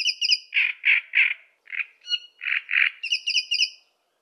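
Great Reed Warbler song, rough croaking 'karr' notes repeated about three times a second, alternating with higher, sharper doubled squeaks.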